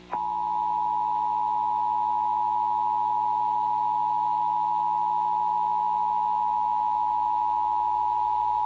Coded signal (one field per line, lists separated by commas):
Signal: Emergency Alert System (SAME) tones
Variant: 853 and 960 Hz attention tone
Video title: Required Monthly Test (EAS #305)